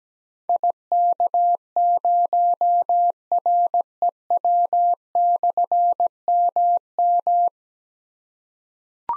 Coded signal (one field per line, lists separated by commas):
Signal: Morse code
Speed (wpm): 17 wpm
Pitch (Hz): 700 Hz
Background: none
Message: IK0REW/MM